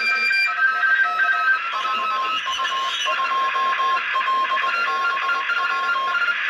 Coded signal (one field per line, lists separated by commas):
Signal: Morse code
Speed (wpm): 20 wpm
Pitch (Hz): 1070 Hz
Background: music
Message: VU2LBW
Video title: *JL3RNZ/6*(PM52nt)cw qso with E21EJC/QRP-QRO,ssb at the End on Satellite DOSAAF-85(RS-44) 1 MAY 2022